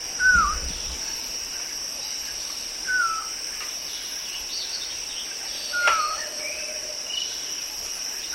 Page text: Mike Nelson - Каштановогрудая кустарниковая кукушка (Phaenicophaeus curvirostris)